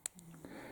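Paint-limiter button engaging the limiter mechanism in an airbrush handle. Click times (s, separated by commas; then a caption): 0.1 s. A button on the back of the metal handle of an H&S Infinity CR Plus 0.2 mm airbrush is pressed, and the paint-limiting mechanism engages with a sharp, bright click at 0.1 s. A fainter tick follows shortly after, then a low hum and soft handling noise. The limiter is confirmed engaged.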